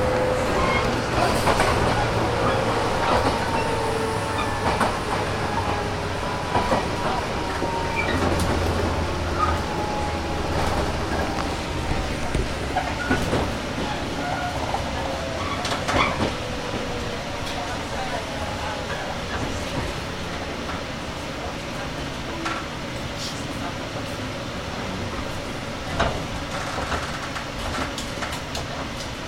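Recorded aboard a local train on the Nippō Line: a steady, dense rumble of the moving carriage fills the whole stretch, with gliding whining tones in the first half. Short clicks and knocks from the track recur irregularly, and faint voices sit underneath.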